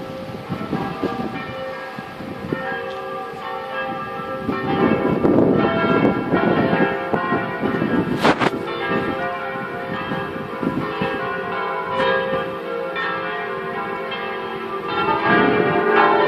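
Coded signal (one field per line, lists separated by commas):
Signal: bell signal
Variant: full peal of six bells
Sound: several large church bells swinging together in a continuous overlapping peal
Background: outdoor ambience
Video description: -h. 10:30: segnale orario della mezza sulla 3^ Mi3 e Plenum solenne pasquale mezz' ora prima della messa delle 11:00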